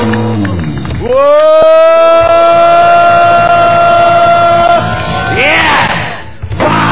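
An audience cheers with a long, rising whoop that holds steady for several seconds over a wash of crowd noise and clapping, then breaks into scattered shouts.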